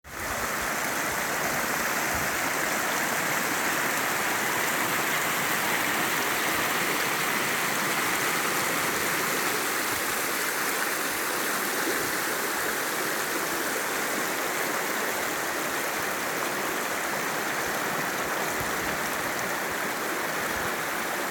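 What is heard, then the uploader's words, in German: A brook splashes and gurgles steadily past a hut, a dense, unbroken rush of water that stays at the same level for the whole stretch. The sound is mostly bright and hissing, with a busy texture of small splashes and little low rumble. Ein gemütlicher Bach plätschert gemütlich vor der Hüttn vorbei. Bach vor der Hüttn.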